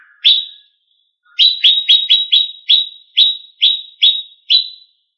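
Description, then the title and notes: Leafbird giving a single sharp note, a short silence, then a quick series of bright, evenly pitched chips that slow toward the end. "CCKIJDaunKecil. Cucak Ijo"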